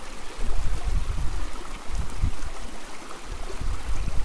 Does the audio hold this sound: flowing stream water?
yes